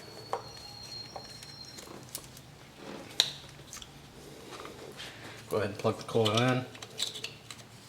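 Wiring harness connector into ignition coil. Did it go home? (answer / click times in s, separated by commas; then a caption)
no / none. A wiring harness connector is handled and brought up to the ignition coil in the engine bay of a Mazda Protege while someone talks. Short handling ticks and taps are heard, the sharpest around 3.2 s. The clip ends before the connector is pushed home, so nothing has seated or clicked yet.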